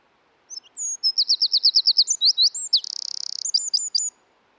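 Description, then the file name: Eurasian wren delivers a piercing high song of fast repeated notes, brief looping notes, a rapid buzzing trill and a few clipped notes at the end. "British Library - European Wren Troglodytes troglodytes"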